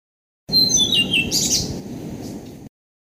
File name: kicau sikatan blue throated. omkicau